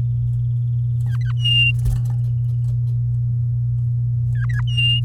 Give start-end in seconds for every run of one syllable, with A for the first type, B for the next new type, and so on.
1.06-1.32 A, 1.37-1.72 B, 4.35-4.61 A, 4.67-5.01 B